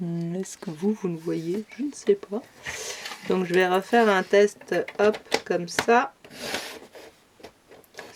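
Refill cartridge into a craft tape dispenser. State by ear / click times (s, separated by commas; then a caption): partly seated / 8.0 s. Someone talks while a refill cartridge is pushed into a plastic craft tape dispenser, with a few small handling sounds near the end. A short click comes at 8.0 s, but the cartridge is only partly seated because it was not pushed fully home.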